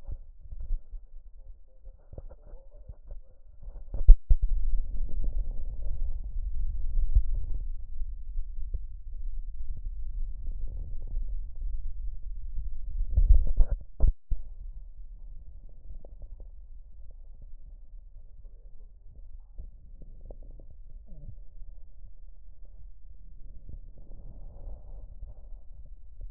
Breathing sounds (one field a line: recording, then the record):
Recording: lung sounds by stethoscope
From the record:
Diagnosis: emphysema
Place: left posterior upper chest